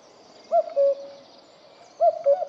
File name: cuco cuculus canorus